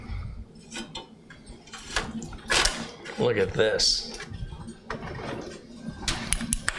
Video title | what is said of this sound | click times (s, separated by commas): LIVE: Computer Build featuring Lian Li Lancool II, 9900k and Enermax Liqmax III 240 | now that one you've done a million times i heard it click yup | 6.5 s